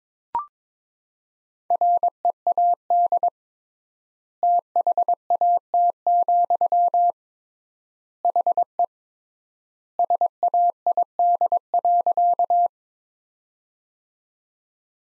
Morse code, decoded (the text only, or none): READ THAT, HE SAID.